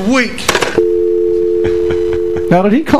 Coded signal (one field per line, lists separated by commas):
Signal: telephone call progress tone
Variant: North America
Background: speech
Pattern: dial tone